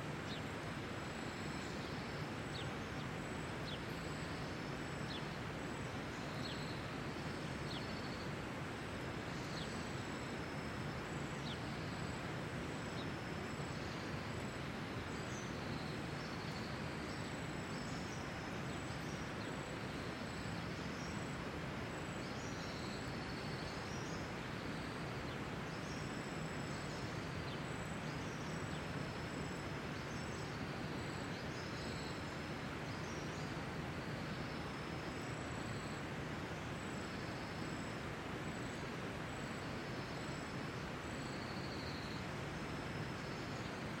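A forest waterfall pours without pause, a dense, unchanging roar that fills everything from a deep rumble to a bright hiss. It sounds close and steady for the whole span. Faint, high bird calls flicker above the rush now and then.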